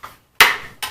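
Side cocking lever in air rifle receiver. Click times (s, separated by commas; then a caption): 0.4 s. The side cocking lever of a Diana RWS 48 .22 air rifle is pushed back in after cocking and returned to its closed position in the receiver. A single loud metallic knock at 0.4 s marks the lever returning and locking, with a fainter knock near 0.8 s. No one talks.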